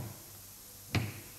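A torque wrench tightens a bolt on the cover of a Macnaught MX Series flow meter, working in a crisscross pattern across its eight bolts. After a quiet stretch, the wrench gives a single sharp click at 0.9 seconds with a brief low ring after it. The bolt is confirmed tightened to the wrench's torque setting.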